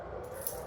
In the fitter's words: and it locks in place. The dog cannot move.